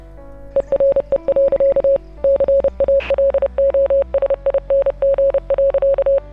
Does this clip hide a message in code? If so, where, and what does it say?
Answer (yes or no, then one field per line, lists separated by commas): yes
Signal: Morse code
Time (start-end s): 0.6-6.2 s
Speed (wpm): 30 wpm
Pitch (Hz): 550 Hz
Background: music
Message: ERE. CALOSING.